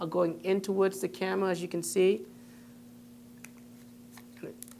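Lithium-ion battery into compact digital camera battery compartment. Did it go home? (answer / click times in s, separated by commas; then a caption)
yes / 4.6 s. Someone talks while a rechargeable lithium-ion battery is pushed into the battery compartment of a Fujifilm JX600 compact digital camera, with the orange stripe aligned and the contacts facing in toward the camera. After the talking stops, a few small handling clicks sound over a steady low hum. At 4.6 s a sharp click marks the holder latch catching, and the battery is seated in place.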